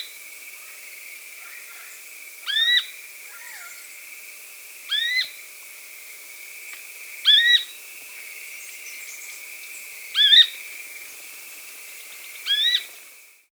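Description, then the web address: Rufous spinetail repeating brief upslurred notes roughly every two to three seconds, against a constant high background hum. South America. "Natures Songs S America Rufous Spinetail"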